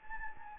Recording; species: mosquito wingbeat signal from an infrared sensor; Anopheles gambiae